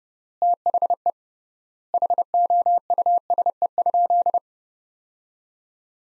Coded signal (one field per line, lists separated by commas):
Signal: Morse code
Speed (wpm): 30 wpm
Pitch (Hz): 700 Hz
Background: none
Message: THE HOUSE?